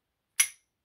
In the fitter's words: yes, that's a solid snap.